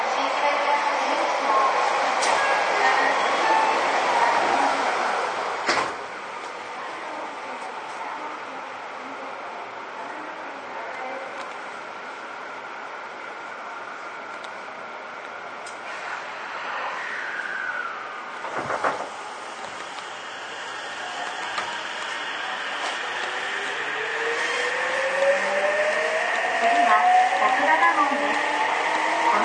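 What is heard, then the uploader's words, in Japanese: A Seibu 6000 series train running between Wakoshi and Shin-Kiba, with a steady, dense rumble and rattle throughout. Brief sharp breaks come near six and nineteen seconds, and from about twenty-three seconds a motor whine rises in pitch as the train speeds up. 西武6000系 和光市〜新木場。1991年度から1995年度までに製造された6101F - 6117Fの車体は軽量ステンレス製。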